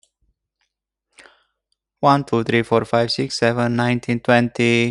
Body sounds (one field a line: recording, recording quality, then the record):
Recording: counting at a fast pace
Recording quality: excellent, no background noise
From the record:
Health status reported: healthy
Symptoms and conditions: hypertension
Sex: male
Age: 54 years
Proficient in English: yes